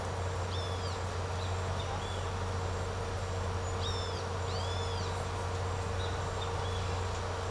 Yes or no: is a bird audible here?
yes